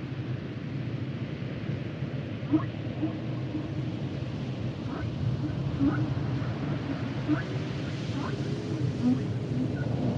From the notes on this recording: the songs and sounds of the humpback whale